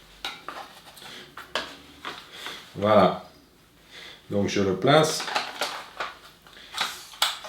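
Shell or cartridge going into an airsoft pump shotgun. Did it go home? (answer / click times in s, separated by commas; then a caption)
yes / 7.2 s. A plastic shell or cartridge is loaded into an airsoft KSG pump shotgun replica by Tokyo Marui. Someone talks while small handling clicks and knocks sound throughout. The shell seats with a normal little click at 7.2 s.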